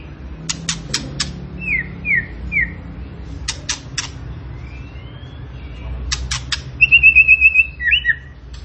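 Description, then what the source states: Tembakan bird song: bursts of sharp clicking notes alternating with slurred whistled phrases, and a fast whistled trill near the end. Training recording for cage birds; the bird is described as gacor, singing vigorously.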